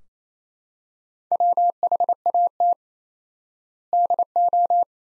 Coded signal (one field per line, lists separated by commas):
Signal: Morse code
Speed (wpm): 28 wpm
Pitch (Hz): 700 Hz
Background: none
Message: WHAT DO